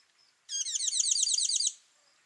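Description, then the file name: Tinkling cisticola call, a single fast rattle of bright, buzzy tinkling notes running about a second, steady in pitch, with quiet before and after. Call; Kawelwa, Zambia, 12 December 2021. "Tinkling-Cisticola-call-ZM-Kawelwa-211212"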